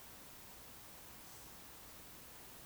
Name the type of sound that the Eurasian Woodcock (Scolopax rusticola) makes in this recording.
whistle